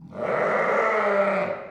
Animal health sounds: contact call of a hoofed animal; sheep; low-frequency (closed-mouth) or high-frequency (open-mouth) call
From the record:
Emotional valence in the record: negative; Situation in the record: short social isolation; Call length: 1.70 s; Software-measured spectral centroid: 1340 Hz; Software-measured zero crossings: 1730 a second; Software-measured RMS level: -24 dBFS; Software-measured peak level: -11 dBFS

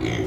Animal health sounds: contact call of a hoofed animal; pig; closed-mouth grunt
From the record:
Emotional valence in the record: negative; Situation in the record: short social isolation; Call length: 0.28 s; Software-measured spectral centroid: 1950 Hz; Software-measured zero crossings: 1450 a second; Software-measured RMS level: -24 dBFS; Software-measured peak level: -12 dBFS

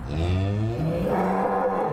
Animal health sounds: contact call of a hoofed animal; cattle; low-frequency (closed-mouth) or high-frequency (open-mouth) call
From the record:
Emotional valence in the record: negative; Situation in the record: full separation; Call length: 2.0 s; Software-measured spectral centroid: 1230 Hz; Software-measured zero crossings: 940 a second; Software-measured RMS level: -24 dBFS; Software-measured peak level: -12 dBFS

